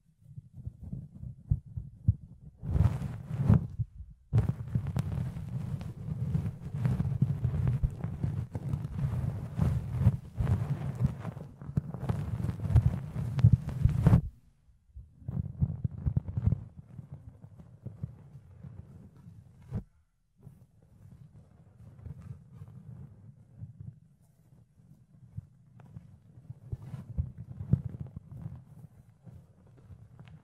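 Fluffy ear cleaning and picking, heard as a dense, muffled rubbing with a low thumping body. The scratchy, crackling strokes run loudest from about 3 to 14 seconds, then turn softer and more scattered, with brief silences near 14 and 20 seconds.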